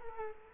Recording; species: mosquito wingbeat signal from an infrared sensor; Culex quinquefasciatus